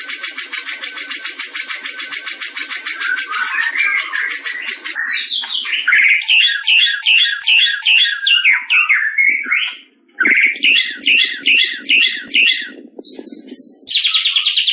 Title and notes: Masteran Murai Yang Di Pakai Semua Burung Juara - Masteran murai Khusus Burung Juara. Murai Batu Gacor